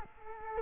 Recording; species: mosquito wingbeat signal from an infrared sensor; Culex quinquefasciatus